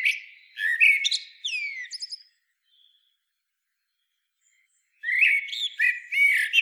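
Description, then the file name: Common blackbird singing two warbled phrases separated by a silent gap of almost three seconds, each mixing fluty whistles with squeaky, twittering notes. "Turdus merula"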